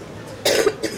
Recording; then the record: coughing mixed with background sound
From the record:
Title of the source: 55 gaggy wet cough